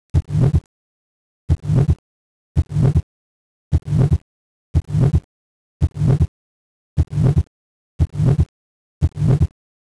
Severe Systolic Aortic Stenosis.